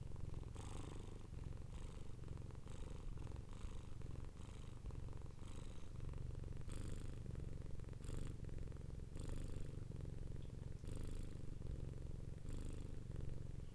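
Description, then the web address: Cat purring, a continuous low throbbing drone with regular breathing cycles and brief airy accents at regular intervals. "animals cats lrocio. cat purring"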